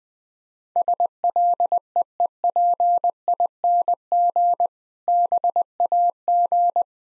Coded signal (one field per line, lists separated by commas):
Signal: Morse code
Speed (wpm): 20 wpm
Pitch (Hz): 700 Hz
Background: none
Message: SLEEPING BAG